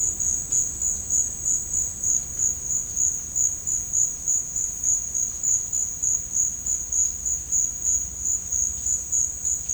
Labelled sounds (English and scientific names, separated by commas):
none